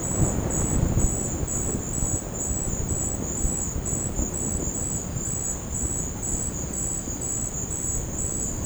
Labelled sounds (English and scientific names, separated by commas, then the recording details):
none
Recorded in dense forest near Puerto Asís, Putumayo, Colombia, on 13 March 2025 at 17:00
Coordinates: 0.500, -76.322
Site GP06